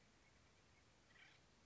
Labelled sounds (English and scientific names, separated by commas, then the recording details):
Acorn Woodpecker (Melanerpes formicivorus)
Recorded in Sonoma County, California